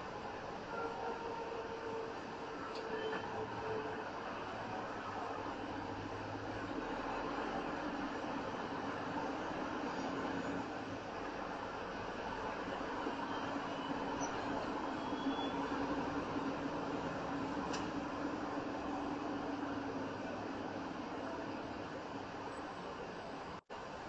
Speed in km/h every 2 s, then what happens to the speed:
23, 15, 11, 11, 15, 16, 19, 23, 24, 23, 18, 13.
0-4 slows to 11. 4-16 speeds up to 24. 16-24 slows to 13.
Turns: none.